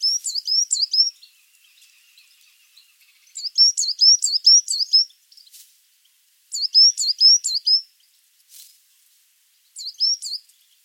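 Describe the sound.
Coal tit singing clear, high see-saw notes in quick runs of several notes, repeated after short gaps.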